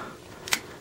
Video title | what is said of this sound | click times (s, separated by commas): LG Prada 3.0 unboxing video | and that just kind of just snaps in place it is a plastic back but once it's in place it does feel | 0.5 s